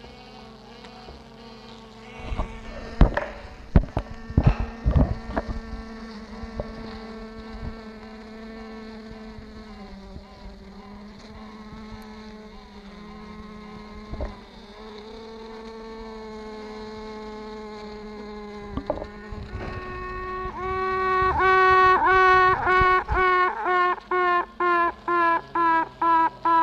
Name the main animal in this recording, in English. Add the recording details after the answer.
Honey Bee. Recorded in captivity. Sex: female. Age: imago. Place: Zoologisches Institut der HUB, Berlin, DE. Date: 1964-06-16 19:30. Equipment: BG 26/1, Grundig-Mikrofon. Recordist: Tembrock, Günter